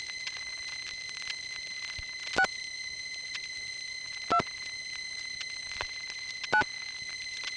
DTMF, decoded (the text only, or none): 6 2 9